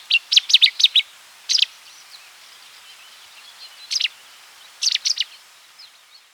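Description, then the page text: Cetti's warbler giving a sudden loud burst of sharp notes, followed by single notes and brief outbursts after quieter gaps. "Cettis Warbler Song and Calls. Quick Sounds"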